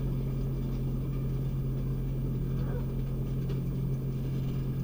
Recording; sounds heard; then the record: poultry house recording; sick chickens (respiratory disease)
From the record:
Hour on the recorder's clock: 3